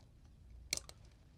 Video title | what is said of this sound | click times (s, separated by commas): 3/11 Chopper is the content of my video-ooohhhhh | and a nice click. | 0.7 s